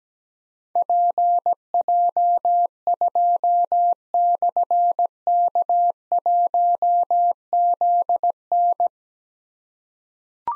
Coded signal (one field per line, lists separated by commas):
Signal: Morse code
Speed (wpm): 17 wpm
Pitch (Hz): 700 Hz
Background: none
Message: PJ2/K1ZN